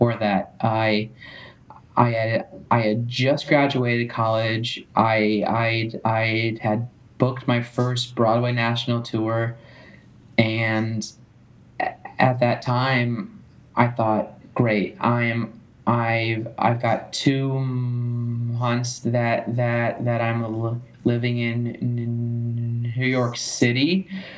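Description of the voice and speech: An adult man, an actor, singer and stuttering advocate who stutters openly, speaks in a low, steady voice with repeated words and phrases ("I'd, I'd", "that the, that the"), drawn-out sounds and silent pauses mid-sentence. These are stuttering disfluencies: repetitions, prolongations and blocks that interrupt the flow of speech.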